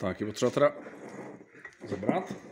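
Someone talks while handling a metal quick link (master link) on a broken bicycle chain, with its two halves being brought together to join the chain ends, and a brief faint sound at 1.6 s. The link has not yet seated or clicked shut by the end.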